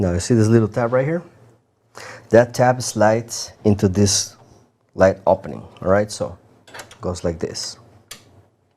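A bracket's tab is being handled next to an opening in the printer's printhead/pump assembly frame, ready to slide in and be pushed down until it snaps in. Someone talks throughout, with a brief faint tick near the end. Nothing has seated or clicked yet.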